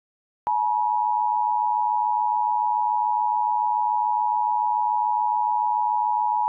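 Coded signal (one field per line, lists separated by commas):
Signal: Emergency Alert System (SAME) tones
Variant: 853 and 960 Hz attention tone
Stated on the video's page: Mock EAS alert for a nuclear disaster, a remastered recreation.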